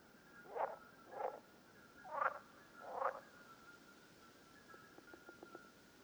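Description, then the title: Common parsley frog calls: four short croaks at intervals, followed by a run of faint rapid clicks. Several frogs at Lerouville, Lorraine, France, on 5 June 2022. "Parsley-Frogs-Lerouville-Lorraine-France-05 06 2022"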